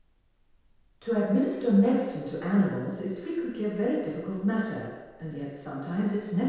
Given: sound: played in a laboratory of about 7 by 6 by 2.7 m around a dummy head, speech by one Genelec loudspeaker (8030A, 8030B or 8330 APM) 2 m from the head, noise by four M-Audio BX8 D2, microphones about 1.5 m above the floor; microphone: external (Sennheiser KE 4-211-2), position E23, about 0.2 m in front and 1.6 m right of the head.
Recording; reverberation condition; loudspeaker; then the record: female speech in English; high; behind (180 degrees)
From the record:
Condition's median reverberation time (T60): about 1300 ms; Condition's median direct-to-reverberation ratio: about -4.0 dB